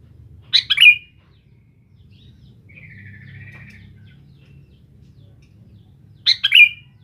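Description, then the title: Sooty-headed bulbul song: two bright, bubbly phrases several seconds apart, with a faint wavering whistle heard between them. "Kutilang"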